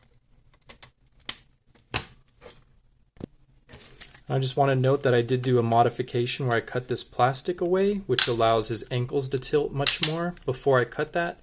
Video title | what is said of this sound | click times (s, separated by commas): Tobot Gigant Saver V combination review | kind of a spread out v and that just clips on to the back of his head here | 1.3 s